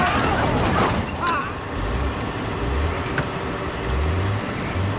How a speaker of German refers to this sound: Doch der Fahrer gab Gas. Und ehe wir begriffen, was los war, hatte er uns frontal gerammt.